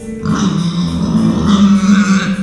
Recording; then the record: squeal of a Yucatan mini pig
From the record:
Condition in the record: after surgery on the right vocal fold (resection and tissue-engineered implant); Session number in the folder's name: 13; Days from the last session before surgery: 113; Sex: female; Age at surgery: 19 weeks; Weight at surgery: 25 kg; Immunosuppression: prednisolone